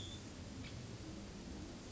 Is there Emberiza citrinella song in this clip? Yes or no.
no